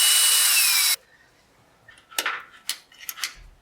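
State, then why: Stripped. A power tool drives a panhead screw into a threaded hole in the metal carburetor of a barn-find 1967 Chevy C10 Stepside, giving a loud, steady whirring whine with a slowly falling tone that stops abruptly at about 0.9 s. After a short quiet stretch, sharp metallic knocks and rattles follow at about 2.2, 2.7, 3.1 and 3.2 s. The hole's threads strip out the rest of the way, and nothing has seated or clicked.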